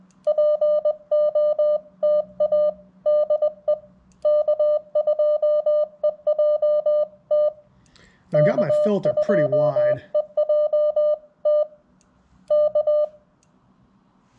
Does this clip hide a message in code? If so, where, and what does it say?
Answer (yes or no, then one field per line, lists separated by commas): yes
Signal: Morse code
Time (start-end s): 0.3-13.0 s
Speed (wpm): 20 wpm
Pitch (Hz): 600 Hz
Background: speech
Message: POTA DE K2EJT K2EJT K